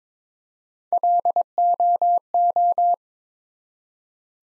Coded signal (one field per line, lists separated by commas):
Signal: Morse code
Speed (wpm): 22 wpm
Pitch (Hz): 700 Hz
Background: none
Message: LOO